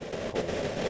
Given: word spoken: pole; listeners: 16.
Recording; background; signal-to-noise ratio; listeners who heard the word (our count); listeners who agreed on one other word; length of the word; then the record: one English word in noise, from a listening test; noise modulated by three-talker babble; -6.4 dB; 1 of 16; 8 of 16; 0.49 s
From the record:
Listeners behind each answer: 8, 2, 1, 1, 1, 1, 1, 1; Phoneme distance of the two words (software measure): 17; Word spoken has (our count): 1 syllable, 3 phonemes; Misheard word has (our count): 1 syllable, 4 phonemes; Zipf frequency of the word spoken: 4.31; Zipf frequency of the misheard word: 5.11